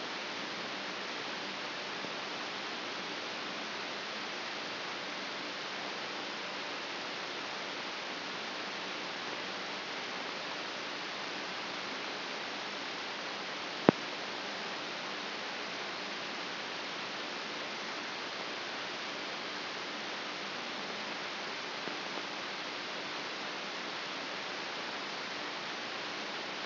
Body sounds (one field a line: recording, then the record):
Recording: brain microelectrode recording played as sound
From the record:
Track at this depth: outside the subthalamic nucleus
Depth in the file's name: 6.669 mm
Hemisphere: left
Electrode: 3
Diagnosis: Parkinson's disease